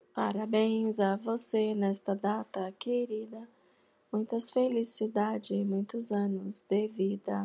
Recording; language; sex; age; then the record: short text; Brazilian Portuguese; female; 40 to 49 years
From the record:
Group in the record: control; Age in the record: 48 years